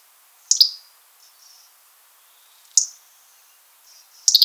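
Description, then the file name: European robin ticking calls, sharp high notes about every two seconds, with soft faint twitters between them. "Erithacus rubecula"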